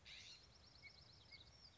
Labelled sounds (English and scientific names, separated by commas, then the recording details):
California Scrub-Jay (Aphelocoma californica)
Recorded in Sonoma County, California